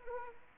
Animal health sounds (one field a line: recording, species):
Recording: mosquito wingbeat signal from an infrared sensor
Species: Anopheles arabiensis